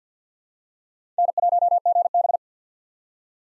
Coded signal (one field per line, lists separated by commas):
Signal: Morse code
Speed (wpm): 50 wpm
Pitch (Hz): 700 Hz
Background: none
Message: N1GB